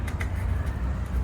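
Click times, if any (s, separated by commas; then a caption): 0.1 s, 0.2 s. A plastic cap is slid back onto a connector on a 2021 SS Camaro and latches with two sharp clicks at 0.1 s and 0.2 s over a steady low rumble. The cap is seated.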